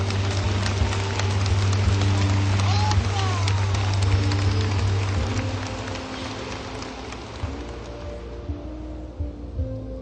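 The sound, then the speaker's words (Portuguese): A crowd, asked by a speaker to applaud, claps in a dense, steady burst of applause for about six seconds, then the clapping thins out and fades, with a low sustained hum beneath throughout. “Então aplauda. Aplauda.”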